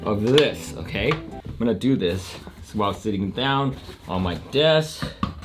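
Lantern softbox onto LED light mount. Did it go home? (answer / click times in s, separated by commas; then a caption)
no / none. Someone talks while handling a lantern softbox that is about to go onto the reflector mount of an Aputure 120d II LED light, where it gets twisted until it locks. A brief handling knock is heard at the very end, around 5.5 s. Nothing has seated or clicked yet.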